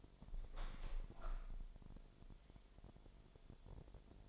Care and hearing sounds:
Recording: daily activity, microphone in the room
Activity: open window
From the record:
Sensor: 5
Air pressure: 1006.6 hPa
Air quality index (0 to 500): 188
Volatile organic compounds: 5 ppm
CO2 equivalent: 1790 ppm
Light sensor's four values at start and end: 56/160/62/63 and 56/160/62/63

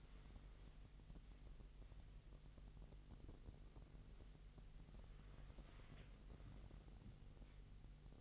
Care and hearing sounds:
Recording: daily activity, microphone in the room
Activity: wipe stove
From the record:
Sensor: 4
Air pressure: 1001.8 hPa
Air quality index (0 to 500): 247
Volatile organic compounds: 40 ppm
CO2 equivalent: 3151 ppm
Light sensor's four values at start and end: 8/18/7/6 and 8/18/7/6

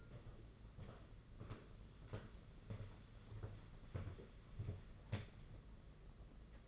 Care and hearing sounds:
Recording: daily activity, microphone in the room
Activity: walk to room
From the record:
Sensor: 4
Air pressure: 992.9 hPa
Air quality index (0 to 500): 177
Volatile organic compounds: 356 ppm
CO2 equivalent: 4595 ppm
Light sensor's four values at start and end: 4/10/4/4 and 4/10/4/4

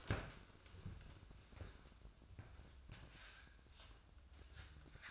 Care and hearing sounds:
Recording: daily activity, microphone in the room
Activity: stand up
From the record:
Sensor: 2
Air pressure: 1004.9 hPa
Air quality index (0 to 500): 91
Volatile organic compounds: 2 ppm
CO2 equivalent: 1097 ppm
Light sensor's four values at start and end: 7/17/7/7 and 8/18/7/7

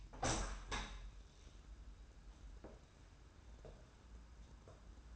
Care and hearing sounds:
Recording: daily activity, microphone in the room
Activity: open window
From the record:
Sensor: 2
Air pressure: 994.2 hPa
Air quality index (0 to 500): 211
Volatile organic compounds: 1000 ppm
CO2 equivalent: 6995 ppm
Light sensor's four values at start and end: 69/161/66/65 and 76/175/74/73

